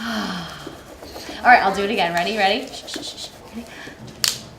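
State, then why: Seated. Someone talks, then a plastic cap is pressed onto a marker body again and clicks on at 4.2 s with a short, sharp snap, leaving the marker cap seated.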